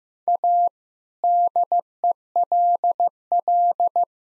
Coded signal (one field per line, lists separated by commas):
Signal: Morse code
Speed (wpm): 15 wpm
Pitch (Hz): 700 Hz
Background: none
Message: A DELL